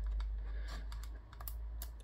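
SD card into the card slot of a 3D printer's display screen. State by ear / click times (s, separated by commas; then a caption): seated / 1.5 s. An SD card, gold contacts up, is pushed into the hidden card slot under the touchscreen of an Anycubic Kobra Max 3D printer. Several short, light clicks and taps are heard over a steady low hum, and the card clicks into place at 1.5 seconds.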